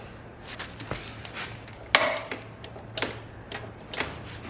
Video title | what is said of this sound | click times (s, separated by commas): XR150l New Wiseco Clutch | what did something just oh this popped into place | 1.9 s